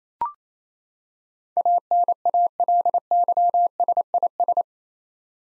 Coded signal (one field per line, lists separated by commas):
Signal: Morse code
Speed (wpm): 27 wpm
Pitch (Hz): 700 Hz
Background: none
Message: ANALYSIS